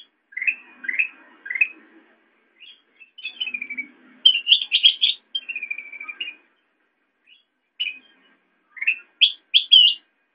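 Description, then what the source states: Sooty-headed bulbul with a few chirps, then a descending drawn-out whistle, a bright burst of higher notes, and scattered chirps after a short gap. Tutor song (masteran) for training songbirds.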